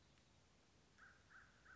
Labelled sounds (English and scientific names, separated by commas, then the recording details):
American Crow (Corvus brachyrhynchos)
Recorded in Sonoma County, California